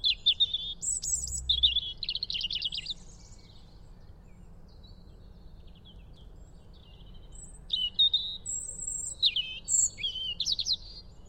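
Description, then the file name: European robin song: high, thin warbled phrases of trills and whistles, a burst at the start and another after a quiet gap of several seconds. "Erithacus rubecula"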